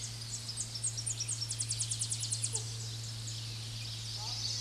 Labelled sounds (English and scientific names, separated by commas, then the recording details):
Tennessee Warbler (Leiothlypis peregrina) song
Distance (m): 45 m
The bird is about 10 m above the microphone
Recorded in a Pennsylvania forest on 16 May 2024 at 07:56
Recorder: AudioMoth, point MSD-1990
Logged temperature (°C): 15.3 °C
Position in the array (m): 96 m, 162 m